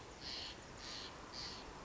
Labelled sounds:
Steller's Jay
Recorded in Sonoma County, California

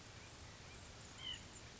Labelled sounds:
White-breasted Nuthatch
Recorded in Sonoma County, California

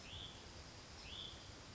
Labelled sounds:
Hutton's Vireo
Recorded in Sonoma County, California

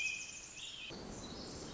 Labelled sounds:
Pacific Wren
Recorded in Sonoma County, California

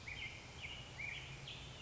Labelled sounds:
Black-headed Grosbeak
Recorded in Sonoma County, California

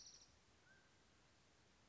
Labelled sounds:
Mountain Quail
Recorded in Sonoma County, California

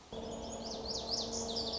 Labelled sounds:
Lazuli Bunting
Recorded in Sonoma County, California

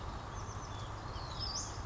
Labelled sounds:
Oak Titmouse
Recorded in Sonoma County, California

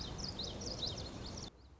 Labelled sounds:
Common Yellowthroat
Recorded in Sonoma County, California

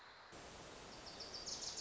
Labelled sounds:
Wilson's Warbler
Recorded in Sonoma County, California

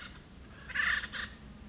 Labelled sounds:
Acorn Woodpecker
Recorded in Sonoma County, California

